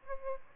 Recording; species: mosquito wingbeat signal from an infrared sensor; Aedes albopictus